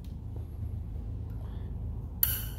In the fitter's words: esté vacío pero en este caso tenemos todos los puertos pasivos y conectamos aquí hasta que haga clic